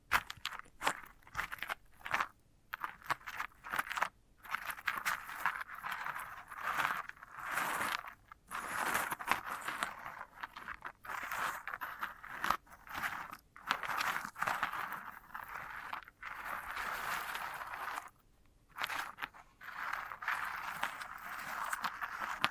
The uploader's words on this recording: ASMR of a Sunflower Head (No Talking).